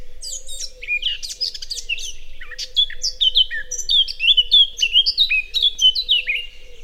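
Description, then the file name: Eurasian blackcap singing a fast, busy warble with bright whistled flourishes, over a steady low hum in the background. "Sylvia atricapilla"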